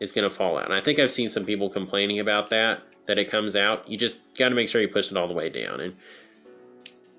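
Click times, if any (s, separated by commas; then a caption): 6.9 s. A plastic section of a Transformers WfC Kingdom Deluxe Warpath transforming robot toy is pushed all the way down into the robot body so it locks and does not fall out. Someone talks for about the first six seconds, then after a quiet pause a short, sharp little click is heard at 6.9 s. The part seats and locks in place.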